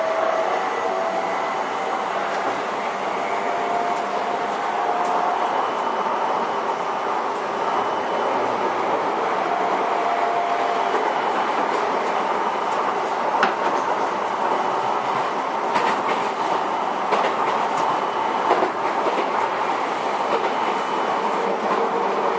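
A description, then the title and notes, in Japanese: A Toei 10-300 series train runs along in a steady, dense rumble that holds level throughout. A thin whining tone rises and fades early on and again near ten seconds, and from about thirteen seconds on, brief clicks and clacks break through the roar. 都営10-300形(3次車) 新線新宿〜高尾山口。車体JR東日本の常磐緩行線用E233系2000番台をベースに製作した。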